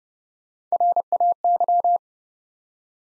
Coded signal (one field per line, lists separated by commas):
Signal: Morse code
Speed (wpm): 30 wpm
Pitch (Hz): 700 Hz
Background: none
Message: RAY